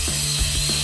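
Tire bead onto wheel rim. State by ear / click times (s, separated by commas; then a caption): not seated / none. A tire on a tire machine is being inflated with no valve core in the stem, to force its rubber bead onto a steel or alloy wheel rim. A steady broadband hiss of rushing air runs over a constant low hum, with a few soft, muffled bumps near 0.1, 0.4 and 0.7 seconds. Nothing has seated yet; the bead has not popped onto the rim.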